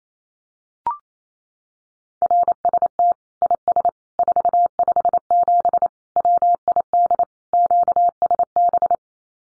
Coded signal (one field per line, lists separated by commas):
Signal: Morse code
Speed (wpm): 28 wpm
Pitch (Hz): 700 Hz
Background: none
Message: RST IS 457 WID QSB